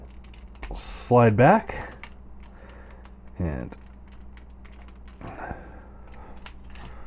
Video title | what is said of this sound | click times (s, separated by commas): Transformers review United Lugnut | lock into place back here, just like so. | 6.5 s